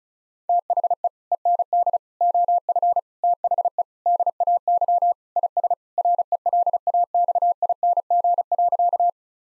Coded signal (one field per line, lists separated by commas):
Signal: Morse code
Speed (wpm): 36 wpm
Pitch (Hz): 700 Hz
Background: none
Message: THE END OF THE DAY IS RELAXING.